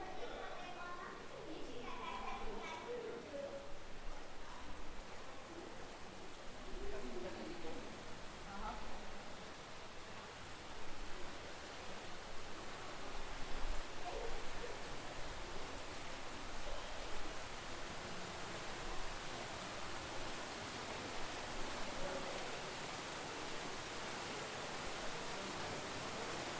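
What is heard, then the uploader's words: Inside a cave bath, a steady rush of running water fills the space evenly from start to finish, a dense hiss with a soft low rumble underneath. Faint voices echo in the first half, murmuring around the two- to eight-second marks before fading into the water. Sounds of The Cave Bath in 2016. The location of recording is Cave Bath, Miskolc-Tapolca, Hungary, Europe.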